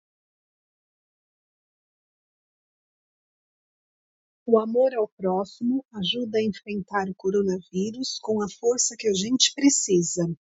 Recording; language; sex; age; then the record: spoken sentence; Brazilian Portuguese; female; 50 to 59 years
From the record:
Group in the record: control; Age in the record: 56 years